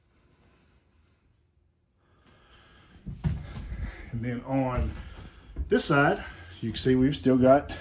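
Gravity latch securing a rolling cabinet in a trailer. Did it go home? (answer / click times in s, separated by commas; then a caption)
no / none. A gravity latch holding a removable rolling cabinet in an enclosed tool trailer is being handled but has not yet been pulled into place. After about three seconds of near silence with faint low rumble, someone talks from about 3 s to the end. Nothing has snapped closed or seated yet.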